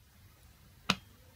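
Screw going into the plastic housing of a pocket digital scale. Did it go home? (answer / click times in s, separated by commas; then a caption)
yes / 0.9 s. A screw is turned counter-clockwise in the plastic housing of a pocket digital scale during reassembly, with faint background noise throughout. At 0.9 s a single sharp, bright click sounds as the screw drops into its original plastic thread. The screw is seated in the existing thread, so a new one is not cut.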